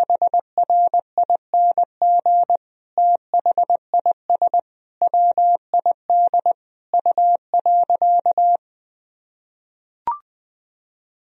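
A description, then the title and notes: Morse code tapped out as a steady mid-pitched tone, switching on and off in short dots and longer dashes grouped into words with brief gaps between them. The keying runs for about eight and a half seconds, then silence, broken by a single short click near ten seconds. Sentences from Top 500 Words and Abbreviations 20wpm. First, the words and abbreviations are sent in Morse code.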